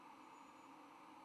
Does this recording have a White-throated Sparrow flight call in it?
no